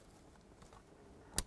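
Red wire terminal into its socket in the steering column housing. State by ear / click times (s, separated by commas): seated / 1.4 s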